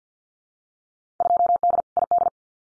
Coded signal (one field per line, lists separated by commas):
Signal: Morse code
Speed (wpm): 50 wpm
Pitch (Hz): 700 Hz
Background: none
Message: 2D ID